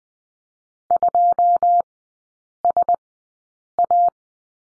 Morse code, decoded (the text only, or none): 2SA